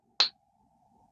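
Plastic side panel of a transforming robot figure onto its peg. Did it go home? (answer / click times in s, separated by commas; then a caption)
yes / 0.2 s. A plastic side panel on a Studio Series Gamer Edition #03 Optimus Prime transforming robot figure is moved and snapped onto its peg during transformation. A single sharp, bright click sounds at 0.2 s and dies away quickly, followed by a faint steady hum. The panel is seated firmly in place.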